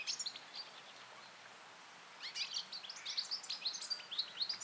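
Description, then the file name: European goldfinch calls, a brief twitter at the start, then a lively run of short, liquid, chirping notes repeated rapidly through the second half. "Carduelis carduelis"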